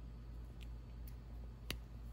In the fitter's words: it snaps right in place and there's a spring in there that gives it some give